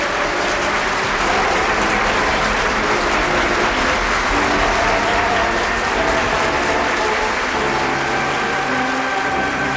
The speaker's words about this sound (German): Also hier sehen wir die Schlussszene der Dreigroschenoper, denke ich mal. Ja. Wo dann der reitende Bote kommt. Aus Anlass ihrer Krönung befiehlt die Königin, dass Mackie Messer sofort freigelassen wird. Alle jubeln.